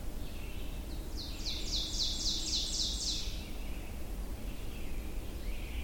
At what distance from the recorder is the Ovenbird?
about 40 m